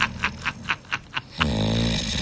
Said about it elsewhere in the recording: There's maybe been some times where I've had a little alcohol in me. This is me snoring. This is real. It's because I got a giant uvula.